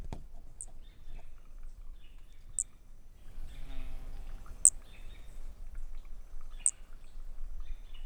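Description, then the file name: Brachycephalus frog uttering four short, high-pitched notes about two seconds apart, with low rumbling and faint rustling in the background. Unidentified Brachycephalus species, individual 3, recorded at 20 cm, Corcovado, 18 December 2017; the frog lost notes during calling. "MHNCI Brachy sp ind 3 perdeu notas 20 cm Corcovado 18 dez 2017 MRB"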